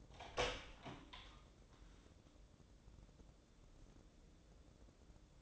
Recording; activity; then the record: daily activity, microphone in the room; open door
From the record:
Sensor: 3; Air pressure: 1012.3 hPa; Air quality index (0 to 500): 182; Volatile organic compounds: 3 ppm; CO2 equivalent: 1392 ppm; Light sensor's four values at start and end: 439/1087/446/448 and 431/1066/437/438